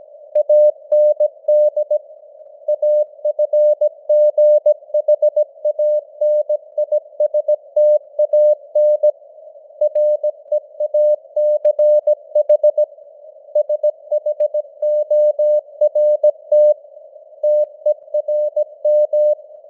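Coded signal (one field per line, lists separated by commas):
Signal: Morse code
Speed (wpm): 17 wpm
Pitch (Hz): 600 Hz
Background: none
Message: AND AFGHANISTAN REACH SHORT TERM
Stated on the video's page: Morse news headlines at 17 wpm with simulated radio noise and fading signal strength (QSB).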